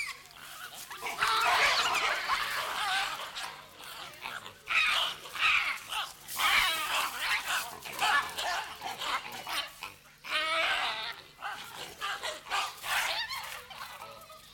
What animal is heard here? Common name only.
Hamadryas Baboon